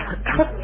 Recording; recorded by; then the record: voluntary cough; telephone call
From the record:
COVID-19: positive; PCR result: checked with the laboratory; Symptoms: no